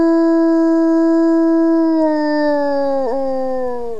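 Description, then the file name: Wolf howling one long, mournful tone that holds its pitch, then sags slowly, wavers briefly and slides downward at the end. "wilk"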